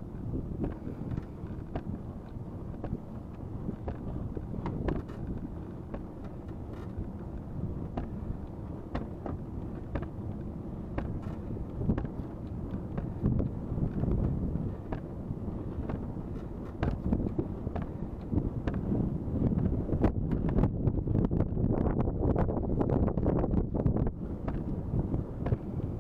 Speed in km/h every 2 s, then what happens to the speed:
12, 13, 15, 16, 16, 18, 17, 18, 19, 19, 20, 20, 21.
0-26 speeds up to 21.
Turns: none.